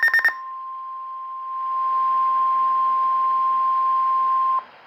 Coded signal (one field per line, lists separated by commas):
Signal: Emergency Alert System (SAME) tones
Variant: 1050 Hz attention tone